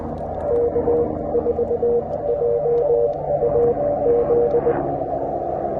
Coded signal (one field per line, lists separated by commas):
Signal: Morse code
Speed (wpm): 20 wpm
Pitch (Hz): 480 Hz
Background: radio noise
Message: K4JAZ